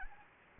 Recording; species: mosquito wingbeat signal from an infrared sensor; Anopheles gambiae